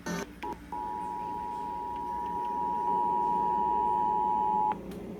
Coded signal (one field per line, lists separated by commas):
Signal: Emergency Alert System (SAME) tones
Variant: 853 and 960 Hz attention tone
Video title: EAS Severe Thunderstorm Warning ⚠️ 7/17/21 FM